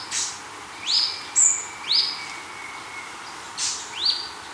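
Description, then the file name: Bird with rapid upslurred chirps and a piercing high whistle, several in quick succession, then a short pause before two more. "SABIOD 50 bird 2015"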